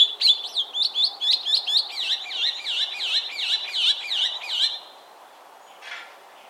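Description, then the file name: Chestnut-cheeked starling calls: a fast run of sharp chirps leading into repeated wavy, squeaky whistled notes for about five seconds, then a faint harsh note. "Sturnus philippensis"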